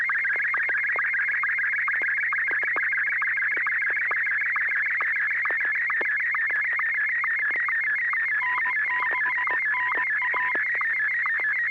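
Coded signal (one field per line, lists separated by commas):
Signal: SSTV (slow-scan television)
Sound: continuous rapidly warbling high tone with regular short low sync blips, image scanning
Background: faint low hum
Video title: N6NA SSTV Net - 01/13/2021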